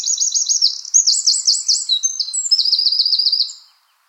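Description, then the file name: Eurasian wren song: a loud, high, energetic run of rapid trills and rattles, shifting pitch between phrases, then silence. "Troglodytes troglodytes"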